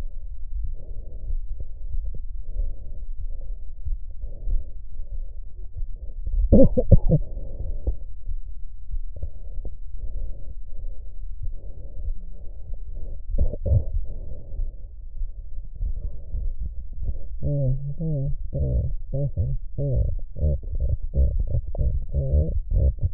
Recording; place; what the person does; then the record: lung sounds by stethoscope; left posterior apical chest; quiet breathing, then cough and speech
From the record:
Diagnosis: interstitial lung disease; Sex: female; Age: 68 years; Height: 152 cm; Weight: 76 kg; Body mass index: 32.9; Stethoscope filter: extended mode